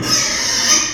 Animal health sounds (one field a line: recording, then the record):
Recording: squeal of a Yucatan mini pig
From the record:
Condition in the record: before surgery on the right vocal fold (resection and tissue-engineered implant)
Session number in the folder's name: 2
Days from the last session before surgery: 0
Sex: male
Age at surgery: 12 weeks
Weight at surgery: 13 kg